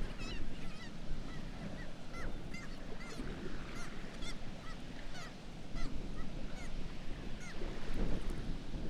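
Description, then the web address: Black-legged kittiwakes giving nasal, arched cries, several birds overlapping in quick succession, over a heavy low roar. "sound Black-legged-kittiwake. صدای-پرنده-کاکایی-پاسیاه"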